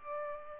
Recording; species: mosquito wingbeat signal from an infrared sensor; Culex pipiens